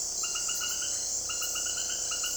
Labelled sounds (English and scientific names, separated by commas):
none